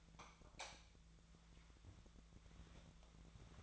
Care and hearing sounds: daily activity, microphone in the room; light off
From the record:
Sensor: 3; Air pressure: 1000.0 hPa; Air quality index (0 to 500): 123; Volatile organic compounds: 2 ppm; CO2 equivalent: 1103 ppm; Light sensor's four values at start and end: 45/117/50/54 and 43/108/46/51

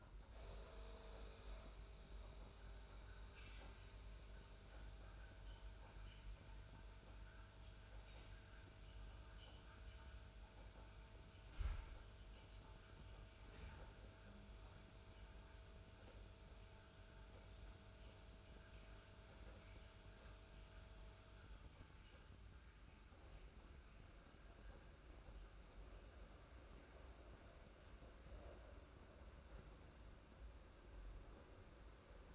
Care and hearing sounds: daily activity, microphone in the room; make coffee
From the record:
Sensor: 2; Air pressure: 991.6 hPa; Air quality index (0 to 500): 187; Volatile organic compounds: 1000 ppm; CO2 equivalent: 6122 ppm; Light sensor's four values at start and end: 31/96/37/35 and 31/96/37/35

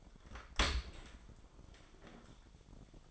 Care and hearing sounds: daily activity, microphone in the room; open dishwasher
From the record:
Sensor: 5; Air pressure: 1003.2 hPa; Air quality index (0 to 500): 131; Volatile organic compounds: 1 ppm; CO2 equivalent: 960 ppm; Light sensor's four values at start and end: 126/308/127/149 and 113/275/114/132

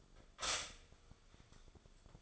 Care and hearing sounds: daily activity, microphone in the room; stop toaster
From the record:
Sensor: 5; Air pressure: 1004.3 hPa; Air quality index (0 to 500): 170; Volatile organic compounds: 4 ppm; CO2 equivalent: 1595 ppm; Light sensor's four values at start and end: 33/108/40/41 and 33/108/40/41

